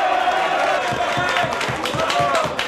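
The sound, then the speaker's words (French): A loud, dense crowd roars continuously, many voices shouting and jeering at once, with scattered claps and sharp yells breaking through the sustained din. “Si vous pensez que les hurlements peuvent nous impressionner, vous vous trompez.”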